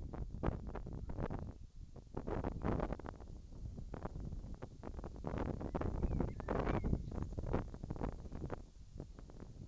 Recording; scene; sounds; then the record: everyday scene through a hearing-aid microphone; wind on the microphone; wind, whistling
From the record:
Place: in front of a rural house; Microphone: in the ear canal, left